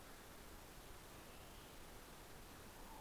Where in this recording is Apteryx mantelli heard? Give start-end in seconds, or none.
none